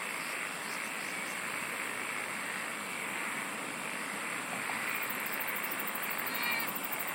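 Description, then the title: Insects singing in a dense, steady chorus with a constant hiss and a fast, very high pulsed trill appearing late on. "SINGING OF INSECTS"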